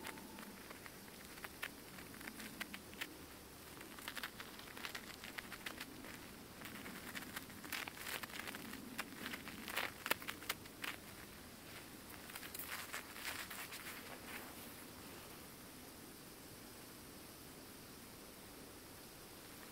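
Boots crunch through snow in a loose, uneven rhythm, the sharp crackling steps clustering most densely between about seven and fourteen seconds. Beneath them a steady rushing wash of flowing creek water runs throughout, while the steps thin out toward the end.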